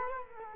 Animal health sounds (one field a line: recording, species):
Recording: mosquito wingbeat signal from an infrared sensor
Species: Culex quinquefasciatus